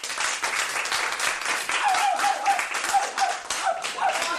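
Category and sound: crowd, thunderous applause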